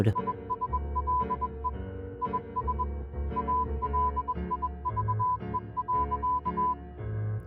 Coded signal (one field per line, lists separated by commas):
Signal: Morse code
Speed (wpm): 21 wpm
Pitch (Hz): 1000 Hz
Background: none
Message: ISLE IS ALIVE.